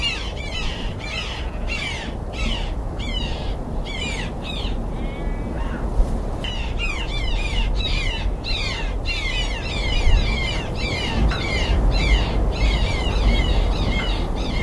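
Jackdaw chicks call in rapid, overlapping bright squawks nearly nonstop, with a brief lull near five seconds, over a steady low rumble.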